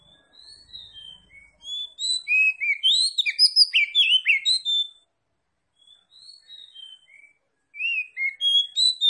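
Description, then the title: Oriental magpie-robin song building from soft whistles into a loud, rapid medley of chirps and slurred notes, pausing, then resuming. Kacer Tretes, described as gacor (singing vigorously). "Kacer Tretes Gacor"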